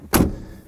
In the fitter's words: then to bring them down, lift the handle, snaps back into place.